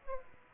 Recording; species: mosquito wingbeat signal from an infrared sensor; Aedes aegypti